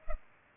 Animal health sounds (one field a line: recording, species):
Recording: mosquito wingbeat signal from an infrared sensor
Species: Culex pipiens